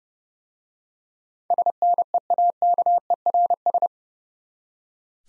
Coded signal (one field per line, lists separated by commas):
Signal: Morse code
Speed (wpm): 30 wpm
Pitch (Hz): 700 Hz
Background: none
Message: SNEAKERS